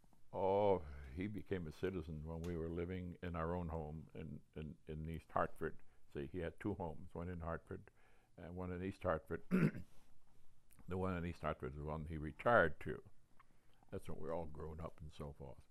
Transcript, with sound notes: Oh, he became a citizen when we were living in our own home in — in — in East Hartford. See, he had two homes, one in Hartford and one in East Hartford. [clears throat] The one in East Hartford is the one he retired to. That's when we were all grown up and so forth.